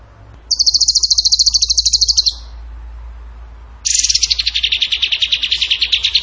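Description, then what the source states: Bird singing two long rapid trills of high buzzy notes, the second lower and falling gently, with a quiet gap between them. Masteran (training recording) of bird song in the tembakan gacor style.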